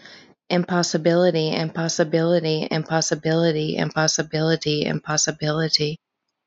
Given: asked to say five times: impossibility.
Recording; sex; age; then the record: repeated word; female; 30 to 39 years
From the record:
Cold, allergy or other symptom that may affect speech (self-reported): no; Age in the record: 31 years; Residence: Pennsylvania, United States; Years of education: 12